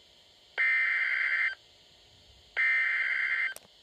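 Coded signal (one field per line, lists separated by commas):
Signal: Emergency Alert System (SAME) tones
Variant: header bursts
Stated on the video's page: Flood and Coastal Flood Warning double header, recorded off weather radio station in 2016.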